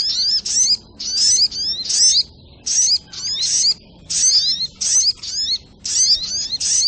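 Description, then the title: Spiderhunter song: high, thin notes swooping downward in short grouped bursts, repeated in quick succession. Training audio (masteran); labelled Labaik. "Sogok Ontong Labaik"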